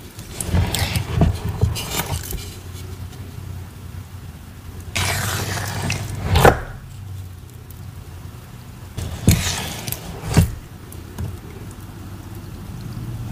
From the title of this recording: Pouring Cornstarch Paste